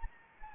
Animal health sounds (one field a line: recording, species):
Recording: mosquito wingbeat signal from an infrared sensor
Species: Anopheles gambiae